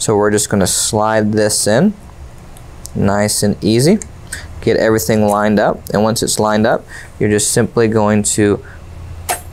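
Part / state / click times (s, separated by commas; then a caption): RAID controller card into its server motherboard slot / seated / 9.3 s. A RAID controller card is lined up on its guide points and slid into its slot on the motherboard of a Dell PowerEdge R740 server while someone talks. A sharp hit at 9.3 s marks the card being pushed home, physically locked into place and flush.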